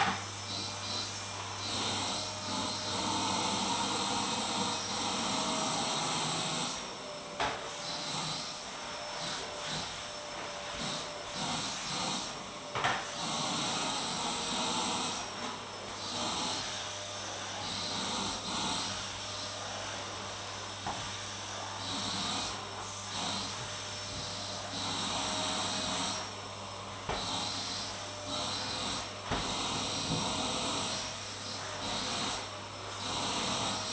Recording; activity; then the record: daily activity, microphone in the room; vacuum cleaning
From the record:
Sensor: 3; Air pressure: 1009.5 hPa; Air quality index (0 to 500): 196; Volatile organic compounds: 16 ppm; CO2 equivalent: 2548 ppm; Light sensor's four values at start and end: 36/88/38/40 and 35/88/38/40